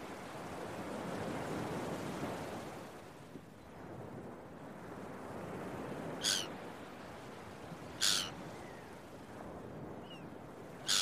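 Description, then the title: Gull calling with three brief raspy cries, surf rolling continuously underneath. Gulls early in the morning at the beach, with waves. "Early Morning Seagulls and Beach Waves"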